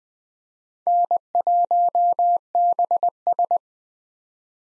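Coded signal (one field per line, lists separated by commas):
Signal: Morse code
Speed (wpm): 20 wpm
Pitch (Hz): 700 Hz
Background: none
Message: N1BS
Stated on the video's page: Common 2023 POTA activator call signs sent at 20 wpm for head-copy practice, each sent in Morse, spoken, then sent again.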